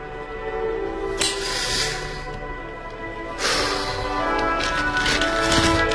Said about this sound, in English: Do you have to make all that racket? Oh, sorry. Well, it's quite a simple thing, you know, turning over a page. Anyway, that's my paper.